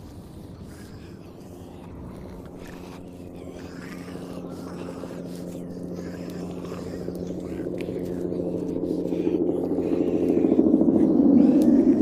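A zombie apocalypse ambience: a low, droning engine-like rumble with steady tones that swells gradually louder across the twelve seconds, peaking near the end. Above it, faint scattered murmurs and scraping sounds come and go throughout.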